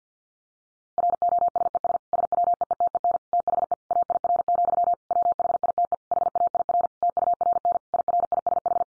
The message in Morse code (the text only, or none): ROSES SWEETEN THE AIR, WHITE HAIR TURN IRISH